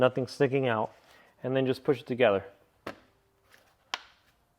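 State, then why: Seated. A plastic rear cover is pushed onto a headlamp housing while someone talks, then snaps home with a sharp click at 3.9 s after smaller taps at 2.9 s and 3.5 s. The cover is seated and locked in place.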